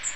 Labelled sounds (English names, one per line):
Magnolia Warbler flight call